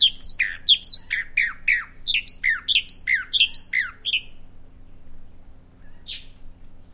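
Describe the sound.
Bahama mockingbird singing a long, lively string of rapid, varied downslurred phrases for about four seconds, followed by one lone high note after a pause; faint low hum throughout.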